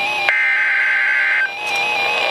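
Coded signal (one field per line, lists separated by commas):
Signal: Emergency Alert System (SAME) tones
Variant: header bursts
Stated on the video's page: Flash flood warning received on weather radio station KEC60 Milwaukee, WI.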